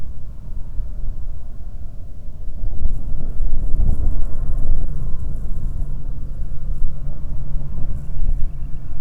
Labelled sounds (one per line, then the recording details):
waterfowl
wind
aircraft
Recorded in the Prudhoe Bay oil fields, Alaska, on 21 June 2019 at 10:45
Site 22